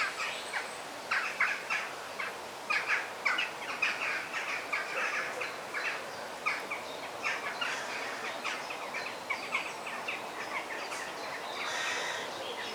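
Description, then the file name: Parrots calling in a dense chorus of harsh, squawking bursts that overlap continuously, with sharper screeches standing out over a steady background hiss. Parrot calls in forest ambience. "ASMR Sounds of the Forest - The Parrot Song"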